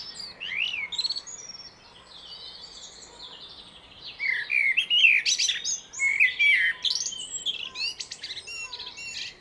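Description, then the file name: Common blackbird song, rising whistles followed by stretches of jumbled warbles and thin high squeaks, steady hiss in the background. "Turdus merula"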